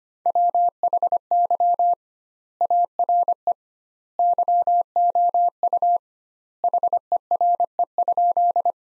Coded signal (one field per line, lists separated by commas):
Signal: Morse code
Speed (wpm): 25 wpm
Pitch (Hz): 700 Hz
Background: none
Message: WHY ARE YOU HERE?